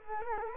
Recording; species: mosquito wingbeat signal from an infrared sensor; Culex quinquefasciatus